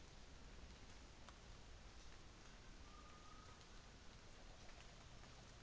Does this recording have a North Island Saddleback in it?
no